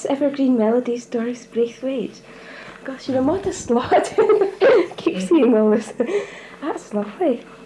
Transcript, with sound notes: 'Evergreen Melodies', Dorris Braithwaite. Gosh, you're a modest lot! [laughs] I keep seeing all this.
Yeah.
That's lovely.